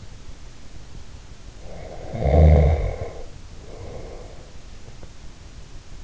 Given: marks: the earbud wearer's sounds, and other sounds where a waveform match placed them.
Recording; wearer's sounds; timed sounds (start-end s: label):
sounds in sleep by an in-ear microphone; snoring breath
1.77-4.76 s: snoring breath